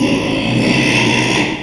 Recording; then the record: squeal of a Yucatan mini pig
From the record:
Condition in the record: after surgery on the right vocal fold (resection and tissue-engineered implant); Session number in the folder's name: 1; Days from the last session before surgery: 6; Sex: male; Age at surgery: 12 weeks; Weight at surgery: 13 kg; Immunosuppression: cyclosporine, prednisolone